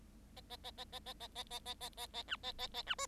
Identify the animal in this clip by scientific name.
Lonchura striata domestica